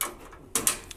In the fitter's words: to come in from the outside and clip it in. And